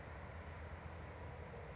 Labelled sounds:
California Towhee

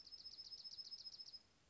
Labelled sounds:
Dark-eyed Junco

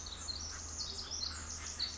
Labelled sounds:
Pacific Wren

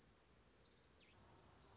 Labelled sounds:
Orange-crowned Warbler

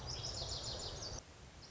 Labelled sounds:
Lazuli Bunting

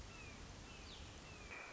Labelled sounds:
Red-shouldered Hawk

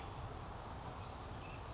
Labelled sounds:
Western Flycatcher

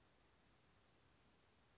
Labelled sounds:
Western Flycatcher

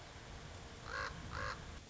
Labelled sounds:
Common Raven

